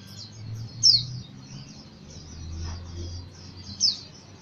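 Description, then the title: White-eye calls: two sharp, high, falling chirps about three seconds apart, with a low rumble in between. East Java, Indonesia; singing style described as 'macok'. "Pleci jatim macok kang asep"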